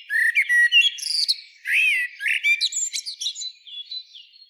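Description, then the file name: Common blackbird song: bright warbled whistles and thin high twitters in a rapid run, slowly becoming softer toward the end. "Turdus merula"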